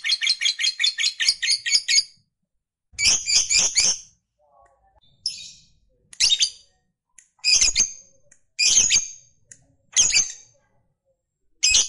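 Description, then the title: Lovebird chirps, a quick burst of rattled high notes, then short bursts of harsh chips with pauses between. Lovebird that is lazy to sing, prompted to become eager and burst spontaneously into long sustained singing, called narik. "LOVEBIRD Malas Bunyi JADI GREGET SPONTAN Langsung NARIK"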